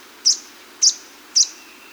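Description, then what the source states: Violet-headed hummingbird giving three sharp, very high chips, evenly spaced about half a second apart, over a faint hiss. South American.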